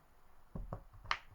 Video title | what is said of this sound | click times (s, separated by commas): kindle 10 battery removal. Part 1. | If you do this, you can actually hear it clicking and unclicking, so you know that you're actually achieving something. | 0.7 s, 1.1 s